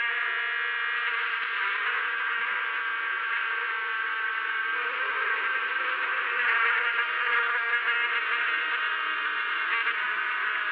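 Insects buzzing in a thick, continuous whine, with layered tones holding steady and a brief swell in loudness partway through.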